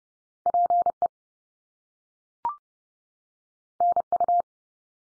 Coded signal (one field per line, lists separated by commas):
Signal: Morse code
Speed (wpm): 30 wpm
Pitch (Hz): 700 Hz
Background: none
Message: PE NU